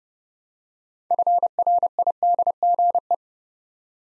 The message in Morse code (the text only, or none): FRIDGE